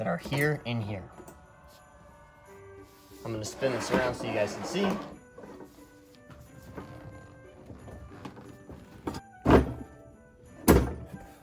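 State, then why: Seated. Someone talks as two plastic snap locks joining the body sections of a 2024 Home Depot Minion animatronic are pushed together. Two sharp clicks are heard at 9.1 s and 10.7 s, and both snap locks are locked in.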